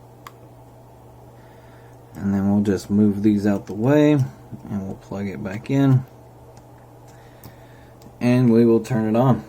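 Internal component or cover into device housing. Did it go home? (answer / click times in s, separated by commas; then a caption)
yes / 0.3 s. After the screen is reconnected, an internal component or cover is pushed back down into the device housing and clicks into place with a sharp click at 0.3 s, seating it. Someone then talks, with a few faint ticks between the speech.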